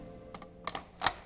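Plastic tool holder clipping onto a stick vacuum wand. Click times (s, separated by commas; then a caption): 1.1 s. A plastic combination-tool holder is clipped onto the wand of an LG CordZero A949KTMS cordless stick vacuum. Two faint ticks at about 0.3 and 0.4 seconds are followed by sharper plastic clicks near 0.7 and 0.8 seconds. The loudest, brightest snap at 1.1 seconds is the holder seating in place.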